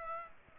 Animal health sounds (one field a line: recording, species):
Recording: mosquito wingbeat signal from an infrared sensor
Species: Aedes aegypti